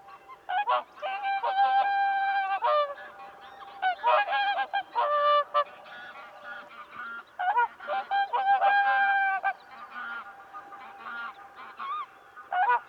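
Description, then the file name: Whooper swan calling: bugling, harmonic honks come in lively bouts separated by brief pauses. "Sangsvan"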